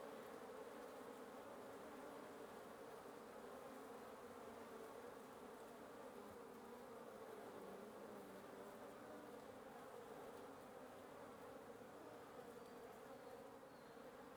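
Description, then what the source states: Wasp: continuous buzzing from a mass of wasps, steady and even in loudness throughout. Wasp nest under the roof of a residence at 1a Avenida Nte 19, Antigua Guatemala, Guatemala; recorded in the morning.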